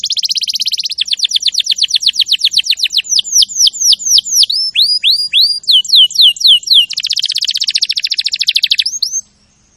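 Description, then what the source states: Canary song: dense rapid trill, then a series of clear downslurred whistles, a fast buzzy trill, and a few last whistles before stopping abruptly. Champion canary song, used as a master recording for training other canaries to sing.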